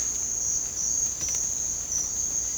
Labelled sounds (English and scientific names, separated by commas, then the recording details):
none
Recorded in dense forest near Puerto Asís, Putumayo, Colombia, on 18 December 2024 at 07:00
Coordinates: 0.466, -76.327
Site G075